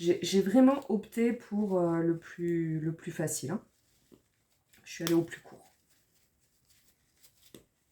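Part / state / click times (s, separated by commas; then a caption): plastic lid closing on its case or container / partly seated / 7.5 s. Someone talks, then a small plastic lid is pressed shut on its case during a scrapbooking craft project. A faint, incomplete click comes at 7.5 s. The lid closes badly and clips in only partly, not all the way round.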